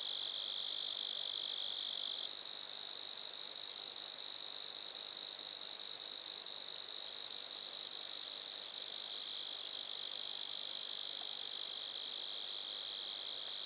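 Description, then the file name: Grasshoppers buzzing in a steady, high-pitched drone throughout. Recorded at Lac-à-la-Croix, Montcerf-Lytton, Quebec, Canada. "criquets-grasshoppers- -lac-acc 80-franccca 7 ois-montcerf-lytton-quecc 81 bec-canada"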